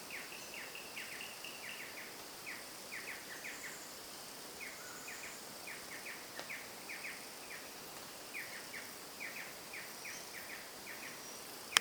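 Bird giving repeated bursts of sharp high chirps in clipped clusters, with a constant high-pitched insect drone in the background.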